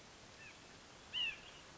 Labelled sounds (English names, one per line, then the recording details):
White-breasted Nuthatch
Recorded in Sonoma County, California